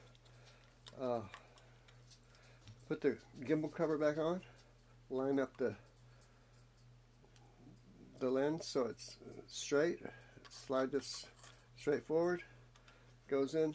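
Someone talks while a gimbal cover is lined up with the camera lens of a DJI Mavic Air drone so it sits straight before being slid forward onto the camera gimbal. Only faint handling noises are heard over a low steady hum, and the cover has not clicked into place yet.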